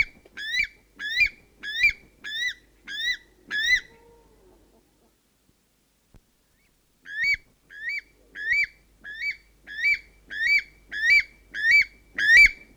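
North Island weka song: quick run of rising shrill whistles, a pause of about three seconds, then the series resumes and builds louder to the end.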